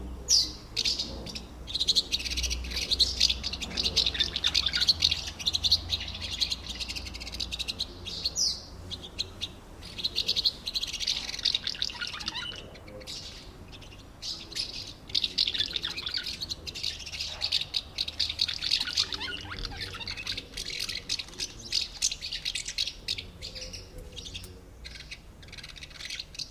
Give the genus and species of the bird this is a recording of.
Delichon urbicum